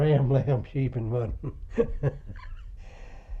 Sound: laughs